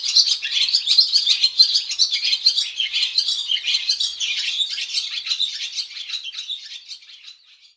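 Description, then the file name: Swallow twitter, a fast run of high chirps and warbling notes that gradually fades out toward the end. "jaskółka"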